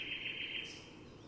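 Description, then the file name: Eurasian wren gives a short, fast, pulsing rattle, then falls quiet over a background hiss. "Troglodytes troglodytes"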